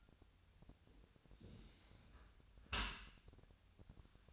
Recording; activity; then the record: daily activity, microphone in the room; close dishwasher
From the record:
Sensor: 2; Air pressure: 1006.6 hPa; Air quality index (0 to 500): 202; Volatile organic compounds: 14 ppm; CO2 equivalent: 2472 ppm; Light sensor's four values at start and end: 9/21/8/9 and 9/21/8/9